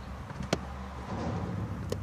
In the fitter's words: Jedno kliknięcie i drugie kliknięcie. Obydwa zaczepy są już na miejscu.